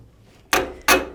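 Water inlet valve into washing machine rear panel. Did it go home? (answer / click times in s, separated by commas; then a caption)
yes / 0.5 s. A plastic water inlet solenoid valve is pushed into the rear panel of a Hoover washing machine and turned 90 degrees until it locks, its plastic locking tabs pushing through the holes. After quiet handling noise, a sharp click sounds at 0.5 s, followed by a second similar burst near 0.9 s. The valve is seated in place.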